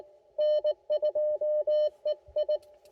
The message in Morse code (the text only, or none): N2EI